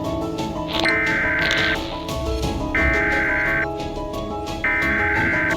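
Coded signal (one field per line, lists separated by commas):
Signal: Emergency Alert System (SAME) tones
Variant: header bursts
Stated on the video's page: Fictional EAS scenario made for a custom Plague Inc game run.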